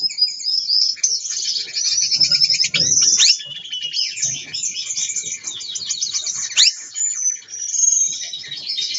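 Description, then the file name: Gouldian finch song: continuous thin, high twittering and buzzy trilling with wavering whistles, steady throughout, with faint low shuffling underneath. Gouldian finches during pair formation, performing a courtship dance. "amadiny gulda sozdanie pary bracnyi tanec"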